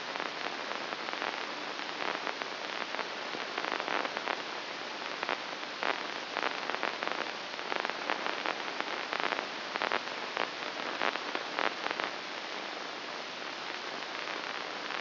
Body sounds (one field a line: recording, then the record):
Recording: brain microelectrode recording played as sound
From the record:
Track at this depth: inside the subthalamic nucleus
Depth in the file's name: 2.604 mm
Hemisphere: right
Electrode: 2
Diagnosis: Parkinson's disease